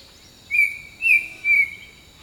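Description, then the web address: Bird song of three clear whistled notes, each swelling and fading about half a second apart, over steady high insect drone. Jungle birdsong. "Echoes of Nature - Jungle Talk 01 Jungle Birdsong"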